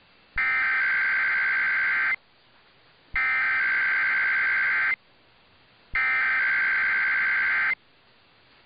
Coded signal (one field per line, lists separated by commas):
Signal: Emergency Alert System (SAME) tones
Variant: header bursts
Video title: [EAS #2520-#2522] Sunday Weekly Tests (7/02/23)